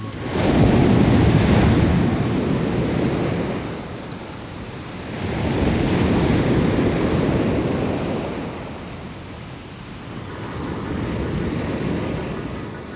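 Ocean surf rolls in with three broad, rushing swells, each rising to a loud roar of low, noisy wash and then easing off before the next wave arrives.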